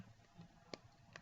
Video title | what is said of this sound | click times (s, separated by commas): How to fill capsules with Young Living oils | until it snaps, doesn't leak, all that kind of stuff. | 0.7 s, 1.2 s